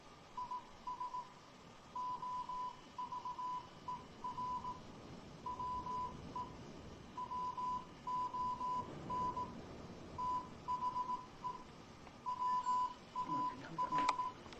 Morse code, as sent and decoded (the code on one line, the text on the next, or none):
.. ... / --- ...- . .-. / .-- . / .-- --- -. / - .... . / .-- .- .-.
IS OVER WE WON THE WAR